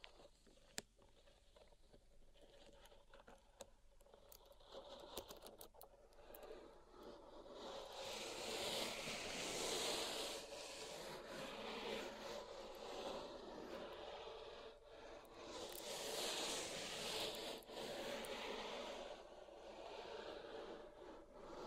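Pink salt in a zen garden, starting with scattered light taps and clicks for the first seven seconds. Then a dense, gritty raking scrape swells in, peaking twice around ten and seventeen seconds, with a faint steady hum underneath.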